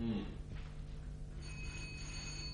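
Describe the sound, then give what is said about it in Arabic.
A call bell is rung in a stage performance of Jean-Paul Sartre's play No Exit, giving a bright metallic ring that lingers as a steady, fairly faint tone over a low background hum, with no talking. “إنه يدق كما يجب. إنه يدق فعلا، ولكني لا أعتمد عليه كثيرا إذا كنت مكانك.”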